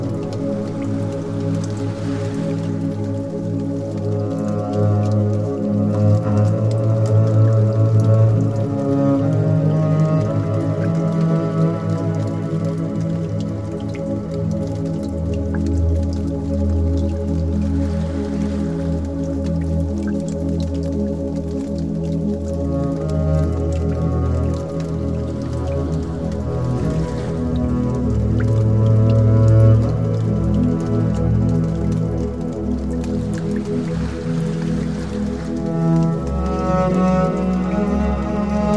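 A slow, gentle melody of held, overlapping tones sits over a soft trickle of flowing water, with deep notes swelling underneath. Notes change every few seconds, and brighter shimmering accents arrive around 3, 18, 27 and 35 seconds. Loudness stays even throughout.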